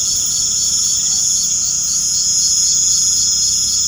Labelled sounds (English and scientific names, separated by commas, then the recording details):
none
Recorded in pastures near Puerto Asís, Putumayo, Colombia, on 21 March 2025 at 19:00
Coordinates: 0.497, -76.327
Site G072